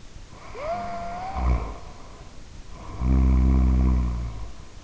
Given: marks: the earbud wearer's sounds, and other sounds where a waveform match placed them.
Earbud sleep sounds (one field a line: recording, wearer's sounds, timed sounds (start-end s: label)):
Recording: sounds in sleep by an in-ear microphone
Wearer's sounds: snoring breath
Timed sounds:
0.38-4.74 s: snoring breath